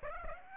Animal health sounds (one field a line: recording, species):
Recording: mosquito wingbeat signal from an infrared sensor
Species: Aedes aegypti